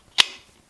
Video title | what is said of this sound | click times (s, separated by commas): Wise Guy Pocket Tool | awesome you can actually hear the the click when yeah when you put them in so | 0.2 s